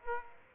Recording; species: mosquito wingbeat signal from an infrared sensor; Aedes aegypti